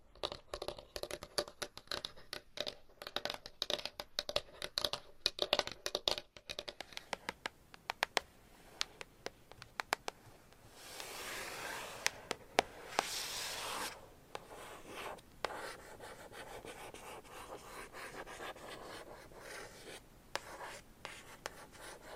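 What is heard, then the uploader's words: Crisp tapping and scratching, with dense rapid taps and bright clicks during the first seven seconds. Later the sounds turn softer and sparser, with hissy rubbing swells near eleven and thirteen seconds and scattered light taps continuing to the end. ASMR Tapping and Scratching with 50 Different Mics , Items & Nails (No Talking).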